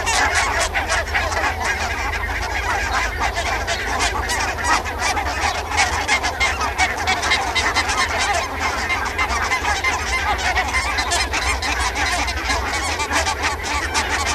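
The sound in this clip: Barnacle goose: barnacle geese in a large flock, constant overlapping high barking honks with no pauses.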